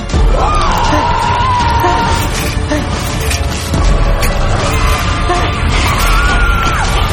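A man screams in terror, long strained wails rising and falling over a dense, loud wash of noise, with a pause before a second drawn-out cry near the end.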